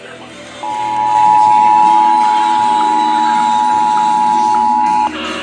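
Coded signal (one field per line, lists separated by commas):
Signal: Emergency Alert System (SAME) tones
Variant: 853 and 960 Hz attention tone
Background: music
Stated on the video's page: Severe weather NOAA Weather Radio alerts compilation.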